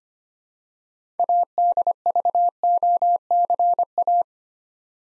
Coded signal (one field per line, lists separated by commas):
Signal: Morse code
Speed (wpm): 25 wpm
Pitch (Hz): 700 Hz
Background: none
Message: ADVOCA